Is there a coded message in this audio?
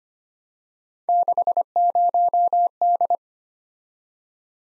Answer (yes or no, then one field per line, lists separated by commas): yes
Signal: Morse code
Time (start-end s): 1.1-3.2 s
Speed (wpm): 25 wpm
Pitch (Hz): 700 Hz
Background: none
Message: 60D